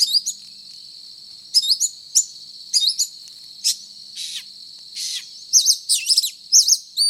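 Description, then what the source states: Oriental magpie-robin song of clipped whistled phrases and a few harsh, noisy bursts, broken by short gaps, set against a continuous shrill insect-like hum. Described as 'gacor', meaning singing vigorously.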